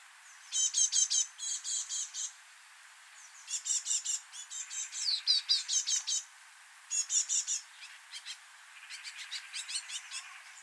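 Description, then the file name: Great tit calling: several quick bursts of hard, high clicking notes, separated by short pauses. "Parus major"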